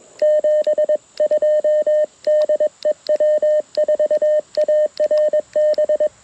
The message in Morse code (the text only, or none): 72 DE W4ARB